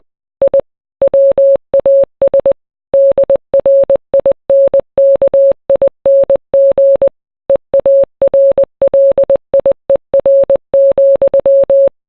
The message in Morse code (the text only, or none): I WAS DRINKING EARLIER,